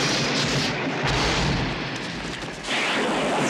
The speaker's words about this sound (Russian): В Делориан бьет молния. В яркой вспышке света, оставив в небе спиральные огненные следы, он исчезает.